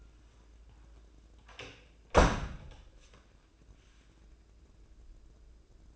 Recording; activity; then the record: daily activity, microphone in the room; close door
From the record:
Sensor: 2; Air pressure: 1012.2 hPa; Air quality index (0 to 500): 157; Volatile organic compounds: 2 ppm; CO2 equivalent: 1150 ppm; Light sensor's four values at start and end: 436/1093/445/470 and 438/1098/447/473